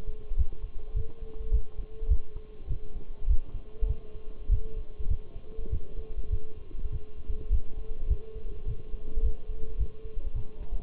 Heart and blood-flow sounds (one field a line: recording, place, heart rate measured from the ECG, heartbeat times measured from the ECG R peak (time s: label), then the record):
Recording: heart sounds by stethoscope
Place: between the tricuspid and mitral areas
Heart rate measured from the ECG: 102 bpm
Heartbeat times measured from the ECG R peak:
0.38 s: heartbeat
0.96 s: heartbeat
1.53 s: heartbeat
2.10 s: heartbeat
2.69 s: heartbeat
3.29 s: heartbeat
3.89 s: heartbeat
4.51 s: heartbeat
5.10 s: heartbeat
5.72 s: heartbeat
6.32 s: heartbeat
6.92 s: heartbeat
7.52 s: heartbeat
8.10 s: heartbeat
8.67 s: heartbeat
9.24 s: heartbeat
9.80 s: heartbeat
10.35 s: heartbeat
From the record:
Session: Bruce protocol treadmill stress test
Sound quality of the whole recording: partially saturated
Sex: male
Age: 23 years